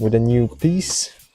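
A new headlight wiring harness connector piece on a 2005–2011 Toyota Yaris is being clipped back into its mating clip while someone talks. Nothing has seated or clicked yet, and the clip ends just before the part goes home.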